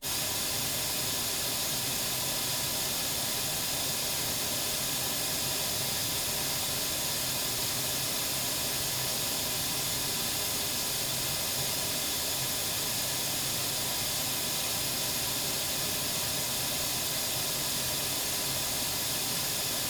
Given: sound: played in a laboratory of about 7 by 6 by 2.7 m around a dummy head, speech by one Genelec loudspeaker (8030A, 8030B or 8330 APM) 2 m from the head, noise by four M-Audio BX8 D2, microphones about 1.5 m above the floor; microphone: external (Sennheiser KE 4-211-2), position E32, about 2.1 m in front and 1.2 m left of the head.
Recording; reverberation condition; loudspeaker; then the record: white noise; low; four, about 170 cm from the corners of the room and facing them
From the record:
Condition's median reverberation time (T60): about 310 ms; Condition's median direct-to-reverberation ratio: about 3.5 dB